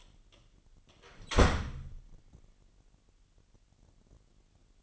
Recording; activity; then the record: daily activity, microphone in the room; close door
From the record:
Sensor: 4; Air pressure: 999.1 hPa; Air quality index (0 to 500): 119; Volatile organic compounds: 2 ppm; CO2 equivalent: 1172 ppm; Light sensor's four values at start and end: 12/31/12/13 and 12/29/11/12